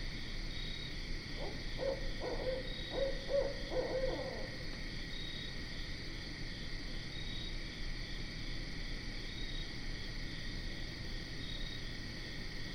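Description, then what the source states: Barred owl call: a burst of low hoots for about three seconds, set against a constant high insect trill. Recorded 12 September 2010.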